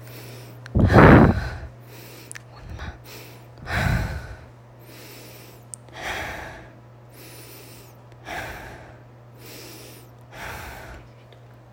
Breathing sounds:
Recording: deep breathing after running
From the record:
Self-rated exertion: light exertion (2 of 6)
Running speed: 5 miles an hour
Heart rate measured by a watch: 91 beats a minute at the start, 95 at the end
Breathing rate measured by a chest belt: 32 breaths a minute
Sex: female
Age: 30 years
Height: 160 cm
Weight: 51 kg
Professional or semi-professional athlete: no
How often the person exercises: 3 to 5 times a week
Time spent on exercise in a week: over 5 hours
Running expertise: no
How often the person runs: 3 to 5 times a week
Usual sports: running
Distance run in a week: 60 km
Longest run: 42 km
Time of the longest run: 267 minutes

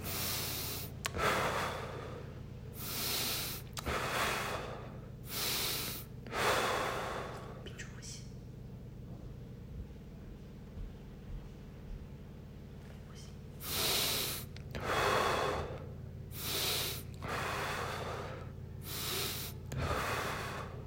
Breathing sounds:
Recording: deep breathing after running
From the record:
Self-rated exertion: moderate exertion (3 of 6)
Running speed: 8 miles an hour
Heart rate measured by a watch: 95 beats a minute at the start, 96 at the end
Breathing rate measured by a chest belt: 19 breaths a minute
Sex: male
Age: 23 years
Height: 172 cm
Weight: 73 kg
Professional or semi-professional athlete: no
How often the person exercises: 3 to 5 times a week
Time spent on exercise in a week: over 5 hours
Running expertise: yes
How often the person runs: 3 to 5 times a week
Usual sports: running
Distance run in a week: 40 km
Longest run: 20 km

